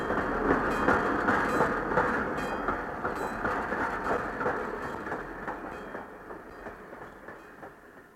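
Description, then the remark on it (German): A steam train puffs out of a station hall, its rhythmic chuffs and rumbling wheels running steadily over a broad noisy roar that slowly grows quieter as it pulls away. “Alles auf dem Bahnhof schwenkte die Mützen, als der Zug aus der Bahnhofshalle fuhr und mitten in die Weihnachtsferien hineinschnaufte.”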